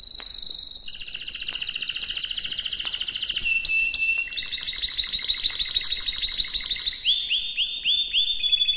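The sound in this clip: Canary song: a long, rapid warbling run of trilled tours high in pitch, shifting from fast buzzy rolls to sliding whistled notes and repeated upslurred chirps near the end.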